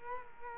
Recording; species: mosquito wingbeat signal from an infrared sensor; Culex quinquefasciatus